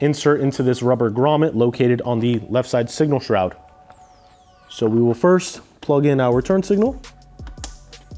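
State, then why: Seated. Someone talks while installing a TST LED front pod turn signal on a 2025+ Yamaha YZF-R3, mentioning a friction fastener post that goes into a rubber grommet on the left side signal shroud. The turn signal's plastic connector is then plugged into the motorcycle wiring harness, with small handling noises before a sharp click at 7.6 s as it seats.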